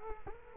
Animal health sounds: mosquito wingbeat signal from an infrared sensor; Culex quinquefasciatus

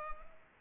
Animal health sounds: mosquito wingbeat signal from an infrared sensor; Culex pipiens

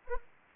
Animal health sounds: mosquito wingbeat signal from an infrared sensor; Anopheles arabiensis

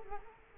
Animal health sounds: mosquito wingbeat signal from an infrared sensor; Culex quinquefasciatus

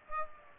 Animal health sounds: mosquito wingbeat signal from an infrared sensor; Aedes aegypti

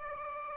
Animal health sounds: mosquito wingbeat signal from an infrared sensor; Aedes aegypti

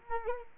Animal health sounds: mosquito wingbeat signal from an infrared sensor; Culex quinquefasciatus

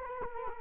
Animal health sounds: mosquito wingbeat signal from an infrared sensor; Culex quinquefasciatus

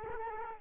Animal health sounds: mosquito wingbeat signal from an infrared sensor; Culex quinquefasciatus

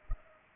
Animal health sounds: mosquito wingbeat signal from an infrared sensor; Culex pipiens

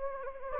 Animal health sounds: mosquito wingbeat signal from an infrared sensor; Anopheles gambiae

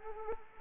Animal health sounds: mosquito wingbeat signal from an infrared sensor; Anopheles arabiensis

